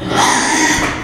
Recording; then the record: squeal of a Yucatan mini pig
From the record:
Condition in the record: after surgery on the right vocal fold (resection and tissue-engineered implant); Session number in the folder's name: 3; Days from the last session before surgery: 33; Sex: male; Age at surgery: 12 weeks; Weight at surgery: 13 kg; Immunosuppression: cyclosporine, prednisolone